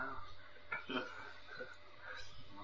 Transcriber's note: devotees laughing